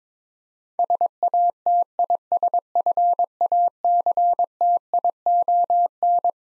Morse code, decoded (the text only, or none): SATISFACTION